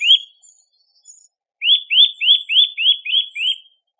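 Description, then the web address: Eurasian Nuthatch calling: a loud whistled note, then a rapid series of seven rising-falling piping notes, clear and uniform. "birdify. sitta europaea"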